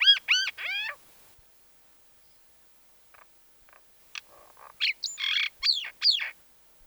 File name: mayna-golos onbird ru